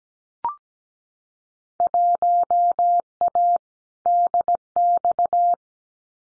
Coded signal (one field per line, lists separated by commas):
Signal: Morse code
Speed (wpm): 17 wpm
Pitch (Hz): 700 Hz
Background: none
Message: 1A DX